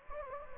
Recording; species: mosquito wingbeat signal from an infrared sensor; Anopheles gambiae